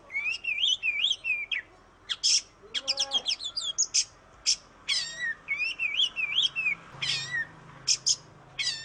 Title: Suara Kacer